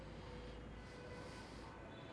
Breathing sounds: one breath in and out by a microphone near the nose and mouth; normal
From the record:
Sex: male

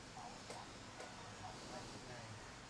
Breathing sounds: one breath in and out by a microphone near the nose and mouth; normal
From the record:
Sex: male

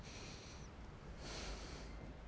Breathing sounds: one breath in and out by a microphone near the nose and mouth; deep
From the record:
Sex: male

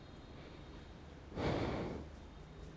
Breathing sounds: one breath in and out by a microphone near the nose and mouth; normal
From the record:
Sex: male

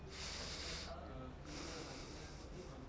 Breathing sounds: one breath in and out by a microphone near the nose and mouth; deep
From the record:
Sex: male

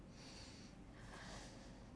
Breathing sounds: one breath in and out by a microphone near the nose and mouth; deep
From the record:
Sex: male

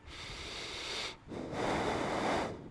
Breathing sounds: one breath in and out by a microphone near the nose and mouth; deep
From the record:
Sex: male

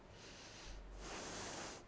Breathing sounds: one breath in and out by a microphone near the nose and mouth; deep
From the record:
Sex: female

